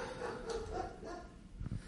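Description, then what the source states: German Shepherd dog barking: muffled barks over steady background noise. German Shepherd barking outside during a recording; the speakers joke that he is preaching to all the neighbours.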